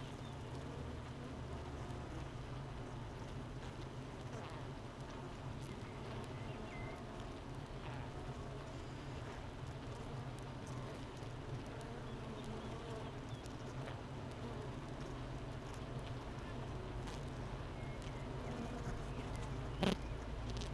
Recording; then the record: honeybee colony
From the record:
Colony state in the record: missing queen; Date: 31 May 2018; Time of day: 8:37